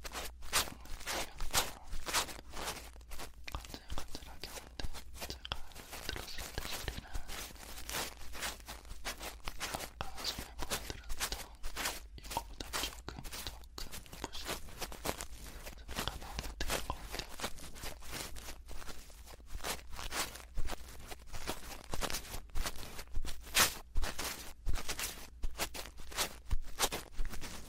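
Ear-touching and brushing sounds, a dense run of soft scratchy strokes that crackle brightly across the whole clip. The strokes come quickly and fairly regularly, with brief quiet gaps, and grow sharper and more separated in the last few seconds.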